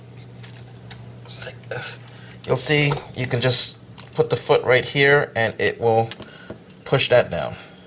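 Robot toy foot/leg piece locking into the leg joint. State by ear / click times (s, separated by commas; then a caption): not seated / none. Someone talks while handling the foot of a die-cast/plastic Masterpiece Voltron Metallic 25th anniversary redux robot toy leg, positioning it to press down and push the part home into the leg joint during transformation. Faint handling taps are heard early on, near 0.4 s and 0.9 s. Nothing has seated or clicked yet.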